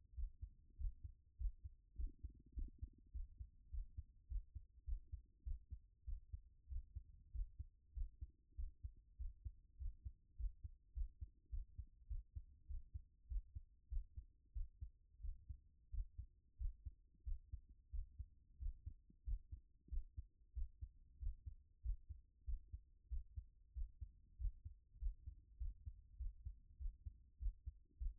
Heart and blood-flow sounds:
heart sounds by stethoscope; 98 bpm
0.15 s: heartbeat
0.77 s: heartbeat
1.37 s: heartbeat
1.96 s: heartbeat
2.54 s: heartbeat
3.12 s: heartbeat
3.70 s: heartbeat
4.28 s: heartbeat
4.85 s: heartbeat
5.44 s: heartbeat
6.05 s: heartbeat
6.68 s: heartbeat
7.31 s: heartbeat
7.93 s: heartbeat
8.56 s: heartbeat
9.17 s: heartbeat
9.78 s: heartbeat
10.36 s: heartbeat
10.93 s: heartbeat
11.50 s: heartbeat
12.08 s: heartbeat
12.67 s: heartbeat
13.28 s: heartbeat
13.89 s: heartbeat
14.53 s: heartbeat
15.21 s: heartbeat
15.90 s: heartbeat
16.57 s: heartbeat
17.24 s: heartbeat
17.91 s: heartbeat
18.58 s: heartbeat
19.24 s: heartbeat
19.89 s: heartbeat
20.54 s: heartbeat
21.19 s: heartbeat
21.82 s: heartbeat
22.45 s: heartbeat
23.09 s: heartbeat
23.73 s: heartbeat
24.37 s: heartbeat
24.98 s: heartbeat
25.58 s: heartbeat
26.17 s: heartbeat
26.78 s: heartbeat
27.38 s: heartbeat
27.98 s: heartbeat
From the record:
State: at rest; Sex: female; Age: 24 years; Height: 178 cm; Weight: 71 kg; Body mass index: 22.41

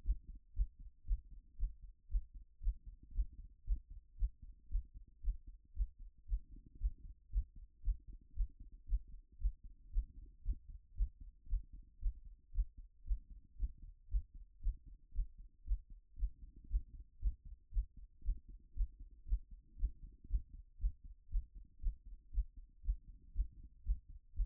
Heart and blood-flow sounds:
heart sounds by stethoscope; 116 bpm
0.51 s: heartbeat
1.02 s: heartbeat
1.54 s: heartbeat
2.05 s: heartbeat
2.57 s: heartbeat
3.09 s: heartbeat
3.61 s: heartbeat
4.14 s: heartbeat
4.66 s: heartbeat
5.18 s: heartbeat
5.71 s: heartbeat
6.23 s: heartbeat
6.75 s: heartbeat
7.27 s: heartbeat
7.79 s: heartbeat
8.31 s: heartbeat
8.83 s: heartbeat
9.35 s: heartbeat
9.87 s: heartbeat
10.40 s: heartbeat
10.92 s: heartbeat
11.44 s: heartbeat
11.96 s: heartbeat
12.49 s: heartbeat
13.01 s: heartbeat
13.54 s: heartbeat
14.06 s: heartbeat
14.58 s: heartbeat
15.09 s: heartbeat
15.61 s: heartbeat
16.13 s: heartbeat
16.65 s: heartbeat
17.16 s: heartbeat
17.68 s: heartbeat
18.19 s: heartbeat
18.71 s: heartbeat
19.22 s: heartbeat
19.73 s: heartbeat
20.24 s: heartbeat
20.75 s: heartbeat
21.26 s: heartbeat
21.77 s: heartbeat
22.28 s: heartbeat
22.79 s: heartbeat
23.30 s: heartbeat
23.80 s: heartbeat
24.31 s: heartbeat
From the record:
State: after exercise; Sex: female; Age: 44 years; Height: 167 cm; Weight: 64 kg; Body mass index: 22.95

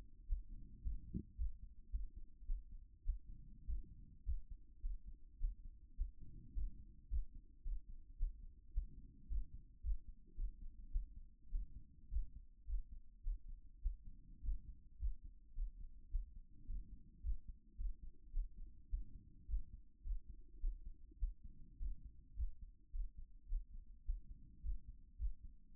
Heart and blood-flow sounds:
heart sounds by stethoscope; 107 bpm
0.27 s: heartbeat
0.83 s: heartbeat
1.37 s: heartbeat
1.91 s: heartbeat
2.46 s: heartbeat
3.04 s: heartbeat
3.66 s: heartbeat
4.25 s: heartbeat
4.81 s: heartbeat
5.39 s: heartbeat
5.95 s: heartbeat
6.54 s: heartbeat
7.09 s: heartbeat
7.63 s: heartbeat
8.17 s: heartbeat
8.72 s: heartbeat
9.28 s: heartbeat
9.82 s: heartbeat
10.36 s: heartbeat
10.90 s: heartbeat
11.50 s: heartbeat
12.10 s: heartbeat
12.66 s: heartbeat
13.22 s: heartbeat
13.80 s: heartbeat
14.42 s: heartbeat
14.98 s: heartbeat
15.54 s: heartbeat
16.09 s: heartbeat
16.66 s: heartbeat
17.22 s: heartbeat
17.76 s: heartbeat
18.31 s: heartbeat
18.88 s: heartbeat
19.47 s: heartbeat
20.03 s: heartbeat
20.59 s: heartbeat
21.18 s: heartbeat
21.78 s: heartbeat
22.35 s: heartbeat
22.91 s: heartbeat
23.47 s: heartbeat
24.04 s: heartbeat
24.62 s: heartbeat
25.17 s: heartbeat
25.72 s: heartbeat
From the record:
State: after exercise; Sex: female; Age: 37 years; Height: 160 cm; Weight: 68 kg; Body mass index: 26.56

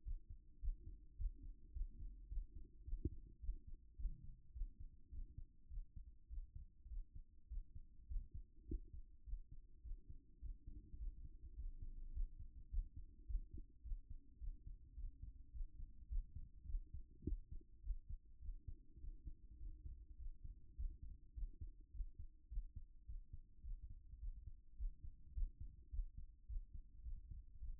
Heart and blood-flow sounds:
heart sounds by stethoscope; 105 bpm
0.03 s: heartbeat
0.60 s: heartbeat
1.16 s: heartbeat
1.73 s: heartbeat
2.28 s: heartbeat
2.84 s: heartbeat
3.40 s: heartbeat
3.96 s: heartbeat
4.52 s: heartbeat
5.10 s: heartbeat
5.68 s: heartbeat
6.28 s: heartbeat
6.88 s: heartbeat
7.48 s: heartbeat
8.07 s: heartbeat
8.66 s: heartbeat
9.24 s: heartbeat
9.82 s: heartbeat
10.40 s: heartbeat
10.97 s: heartbeat
11.55 s: heartbeat
12.12 s: heartbeat
12.69 s: heartbeat
13.26 s: heartbeat
13.82 s: heartbeat
14.39 s: heartbeat
14.95 s: heartbeat
15.51 s: heartbeat
16.08 s: heartbeat
16.66 s: heartbeat
17.23 s: heartbeat
17.81 s: heartbeat
18.40 s: heartbeat
18.99 s: heartbeat
19.58 s: heartbeat
20.17 s: heartbeat
20.76 s: heartbeat
21.34 s: heartbeat
21.91 s: heartbeat
22.49 s: heartbeat
23.06 s: heartbeat
23.62 s: heartbeat
24.19 s: heartbeat
24.76 s: heartbeat
25.33 s: heartbeat
25.90 s: heartbeat
26.46 s: heartbeat
27.03 s: heartbeat
27.59 s: heartbeat
From the record:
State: after exercise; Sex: male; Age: 37 years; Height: 170 cm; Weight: 86 kg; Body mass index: 29.76

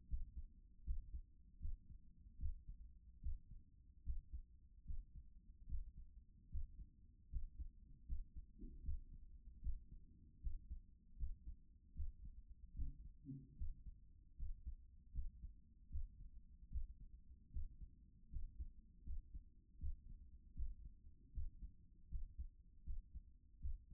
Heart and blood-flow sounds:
heart sounds by stethoscope; 77 bpm
0.09 s: heartbeat
0.86 s: heartbeat
1.61 s: heartbeat
2.39 s: heartbeat
3.22 s: heartbeat
4.05 s: heartbeat
4.86 s: heartbeat
5.68 s: heartbeat
6.51 s: heartbeat
7.31 s: heartbeat
8.08 s: heartbeat
8.84 s: heartbeat
9.63 s: heartbeat
10.42 s: heartbeat
11.18 s: heartbeat
11.96 s: heartbeat
12.75 s: heartbeat
13.58 s: heartbeat
14.38 s: heartbeat
15.14 s: heartbeat
15.91 s: heartbeat
16.71 s: heartbeat
17.52 s: heartbeat
18.31 s: heartbeat
19.05 s: heartbeat
19.80 s: heartbeat
20.56 s: heartbeat
21.34 s: heartbeat
22.10 s: heartbeat
22.85 s: heartbeat
23.61 s: heartbeat
From the record:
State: after exercise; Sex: female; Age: 25 years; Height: 170 cm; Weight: 60 kg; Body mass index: 20.76

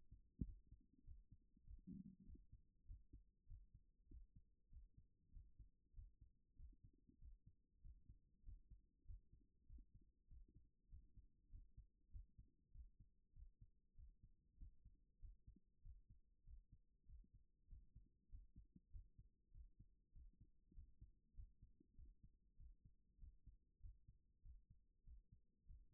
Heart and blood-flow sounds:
heart sounds by stethoscope; 98 bpm
0.42 s: heartbeat
1.02 s: heartbeat
1.62 s: heartbeat
2.23 s: heartbeat
2.83 s: heartbeat
3.44 s: heartbeat
4.06 s: heartbeat
4.68 s: heartbeat
5.29 s: heartbeat
5.92 s: heartbeat
6.54 s: heartbeat
7.17 s: heartbeat
7.79 s: heartbeat
8.41 s: heartbeat
9.03 s: heartbeat
9.64 s: heartbeat
10.26 s: heartbeat
10.87 s: heartbeat
11.47 s: heartbeat
12.08 s: heartbeat
12.69 s: heartbeat
13.31 s: heartbeat
13.93 s: heartbeat
14.55 s: heartbeat
15.17 s: heartbeat
15.80 s: heartbeat
16.42 s: heartbeat
17.04 s: heartbeat
17.66 s: heartbeat
18.27 s: heartbeat
18.88 s: heartbeat
19.49 s: heartbeat
20.10 s: heartbeat
20.71 s: heartbeat
21.32 s: heartbeat
21.93 s: heartbeat
22.54 s: heartbeat
23.16 s: heartbeat
23.78 s: heartbeat
24.40 s: heartbeat
25.02 s: heartbeat
25.64 s: heartbeat
From the record:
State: after exercise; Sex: male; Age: 39 years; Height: 186 cm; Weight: 113 kg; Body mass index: 32.66

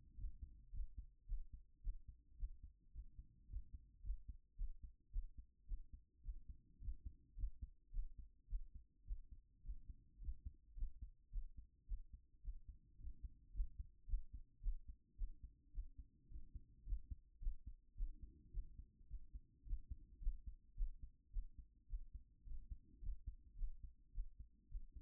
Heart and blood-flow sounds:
heart sounds by stethoscope; 108 bpm
0.16 s: heartbeat
0.71 s: heartbeat
1.26 s: heartbeat
1.81 s: heartbeat
2.37 s: heartbeat
2.92 s: heartbeat
3.47 s: heartbeat
4.02 s: heartbeat
4.56 s: heartbeat
5.11 s: heartbeat
5.66 s: heartbeat
6.22 s: heartbeat
6.79 s: heartbeat
7.35 s: heartbeat
7.91 s: heartbeat
8.48 s: heartbeat
9.05 s: heartbeat
9.62 s: heartbeat
10.19 s: heartbeat
10.75 s: heartbeat
11.30 s: heartbeat
11.86 s: heartbeat
12.41 s: heartbeat
12.97 s: heartbeat
13.52 s: heartbeat
14.06 s: heartbeat
14.61 s: heartbeat
15.16 s: heartbeat
15.72 s: heartbeat
16.28 s: heartbeat
16.84 s: heartbeat
17.40 s: heartbeat
17.95 s: heartbeat
18.51 s: heartbeat
19.08 s: heartbeat
19.64 s: heartbeat
20.19 s: heartbeat
20.75 s: heartbeat
21.31 s: heartbeat
21.87 s: heartbeat
22.44 s: heartbeat
23.00 s: heartbeat
23.56 s: heartbeat
24.12 s: heartbeat
24.68 s: heartbeat
From the record:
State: after exercise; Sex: female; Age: 31 years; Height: 169 cm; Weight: 67 kg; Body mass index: 23.46

